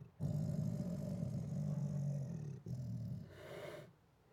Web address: Sound Ideas Tigers Sound Effects. Siberian Tiger Aggressively Growls With Roars and Snarls